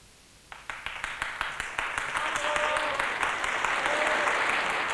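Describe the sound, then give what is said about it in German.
Applause from an audience at the end of a stage performance of Antigone, after the final chorus, starts with a few scattered claps, then quickly swells into steady, dense clapping that holds at full strength to the end. “Erst als ich nach dem Schlusschor den Beifall hörte, kam ich wieder zu mir.”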